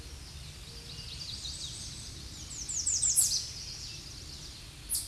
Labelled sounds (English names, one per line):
American Redstart song